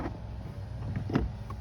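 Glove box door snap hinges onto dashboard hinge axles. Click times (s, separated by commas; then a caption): 1.2 s. The plastic snap hinges of a 2008–2020 Honda Fit glove box door are pressed onto the hinge axles at the bottom of the dashboard until they lock. Faint ticks come over a low rumble, and a sharp snap at 1.2 s marks the hinge seating onto its axle.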